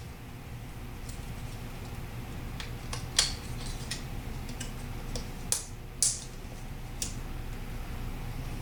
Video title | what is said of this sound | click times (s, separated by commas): How To: Exchange a Hard Drive on a Dell Optiplex 390 | Snap these back in. | 3.2 s, 5.5 s, 6.0 s